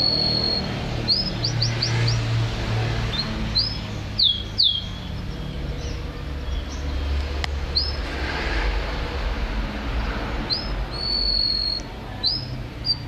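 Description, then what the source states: Canary song of bright, high chirps and short whistled slurs in scattered bursts over a steady low rumble. Kenari described as gacor (actively, constantly singing), a first-place champion bird.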